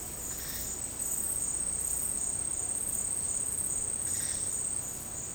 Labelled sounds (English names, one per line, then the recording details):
none
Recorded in secondary vegetation near Puerto Asís, Putumayo, Colombia, on 22 June 2025 at 12:30
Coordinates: 0.484, -76.319
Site G074